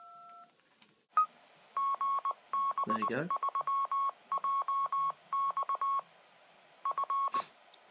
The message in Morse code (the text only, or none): GB3JX F